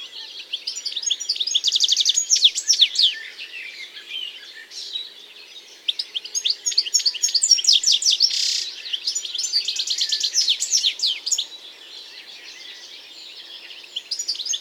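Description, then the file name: European goldfinch calling in bursts of bright, liquid twittering notes mixed with rapid chattering, pausing briefly between phrases. "Carduelis carduelis"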